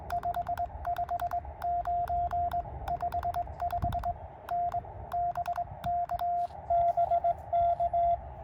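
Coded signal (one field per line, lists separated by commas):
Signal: Morse code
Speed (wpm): 19 wpm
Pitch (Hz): 700 Hz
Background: radio noise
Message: 55 9 55 N BK BK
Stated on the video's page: Parks on the Air QRP activation of a park in Illinois, fast-paced, sent with a KX2 and KXPD3 paddles used as a cootie, into a 9:1 vertical.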